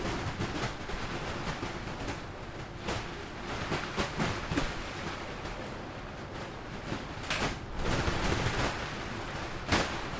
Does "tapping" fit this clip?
no